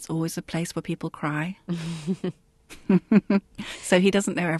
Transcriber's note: soundbite of laughter